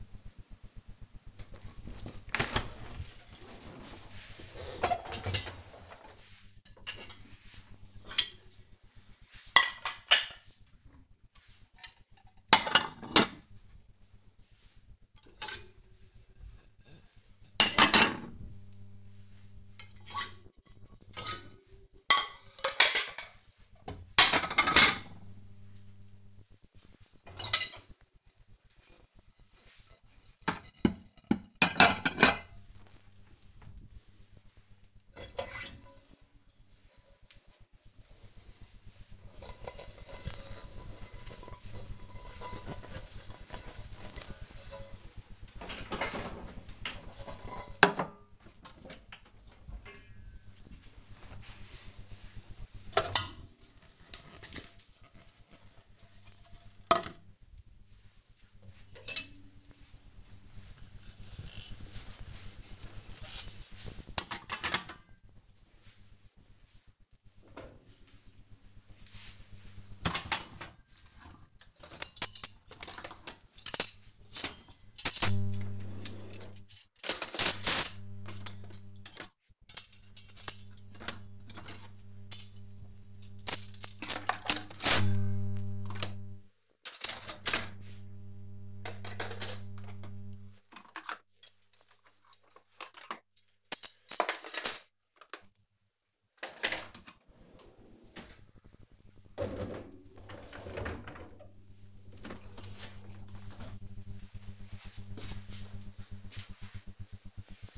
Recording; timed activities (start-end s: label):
household activities, microphone on the right wrist
0.92-102.61 s: cleaning out the dishwasher